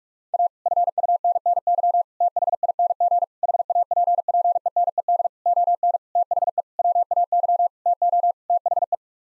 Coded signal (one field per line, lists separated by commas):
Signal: Morse code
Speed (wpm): 46 wpm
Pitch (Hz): 700 Hz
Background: none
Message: A FUNNY THING HAPPENED ON THE WAY TO THE